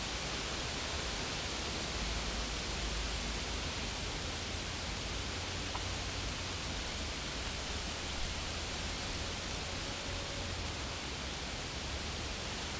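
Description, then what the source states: Insect drone, high and even, swelling in after the first second and holding steady to the end over a low rumble. Recorded in a field.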